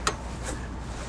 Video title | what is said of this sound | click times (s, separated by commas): etrailer - All You Need to Know About the Roadmaster Falcon 2 Tow Bar | you a way to push down on it to get that release we heard it pop and | 0.1 s